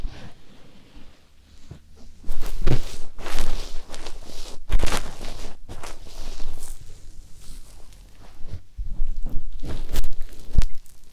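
An ear massage sound begins quiet and sparse, then from about two seconds turns into dense rubbing and brushing with bright, hissy swishes. Sharp taps and soft thumps recur every second or so, with a low rumble underneath throughout.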